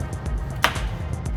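A small plastic upper SS grille is popped into place on the front bumper cover of a 2010-2013 Chevy Camaro during an SS conversion. Over steady background music, one sharp click at 0.6 s shows that the grille clip has snapped in and the grille is seated.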